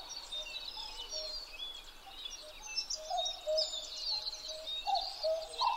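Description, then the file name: Common cuckoo calling low notes repeatedly beneath busy high chirping and twittering of other birds. 12 June 2011 at 03:53. "kakkou-20110612-0353"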